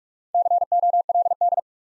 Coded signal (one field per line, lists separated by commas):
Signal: Morse code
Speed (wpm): 44 wpm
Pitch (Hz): 700 Hz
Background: none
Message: COLD